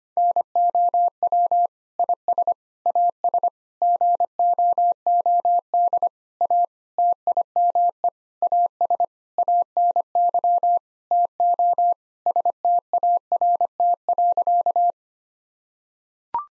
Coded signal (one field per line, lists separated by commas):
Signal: Morse code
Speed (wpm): 25 wpm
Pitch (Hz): 700 Hz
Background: none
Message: NOW IS AS GOOD A TIME AS ANY TO START.